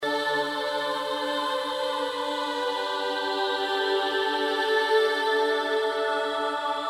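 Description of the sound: A steady, unbroken wash of layered tones with an airy hiss on top. It holds an even loudness throughout, with slow shifts in which tones stand out. This is a Sound Oasis tinnitus therapy masking sound aimed at the 2 to 8 kHz range.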